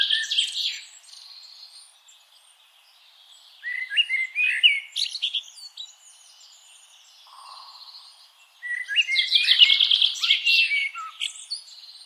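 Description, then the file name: Common blackbird singing, with high, chattering twitters at the start and end and a whistled phrase in between. "Turdus merula"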